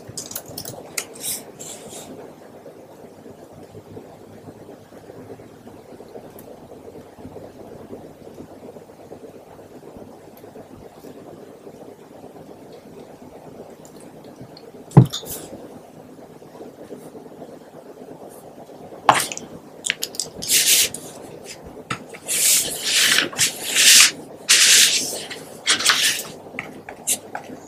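Pen writing with scratchy strokes in short bursts at the start, then a quiet stretch with a low steady hum underneath. A sharp tap lands at about 15 seconds, another at 19, and from 20 seconds on, busy bright scratching and rubbing strokes come in quick clusters.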